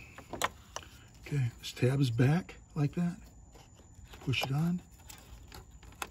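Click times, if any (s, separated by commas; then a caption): 6.0 s. On a 2011 Lincoln MKX, a plastic wiring harness electrical connector, with its red locking tab pulled back, is pushed onto the mass airflow sensor while someone talks. The connector gives a sharp click at 6.0 s as it seats, and the red tab is then to be pushed in to lock it in place.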